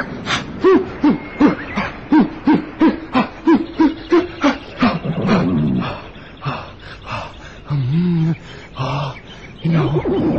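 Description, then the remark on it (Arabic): A horse standing on a shore neighs with a rapid, rhythmic string of about a dozen quavering pulses, followed by several longer, drawn-out cries. The calls are loud and stand alone with no talking. “ربي، إنه حصان، حصان يصهل.”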